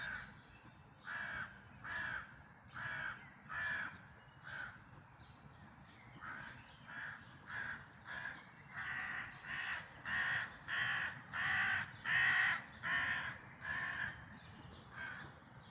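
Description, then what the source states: Bird giving harsh, hoarse caws in a series, roughly one every 0.7 seconds with a short pause near the five-second mark, growing louder in the second half over a low background hum. Dawn chorus recorded in May 2026.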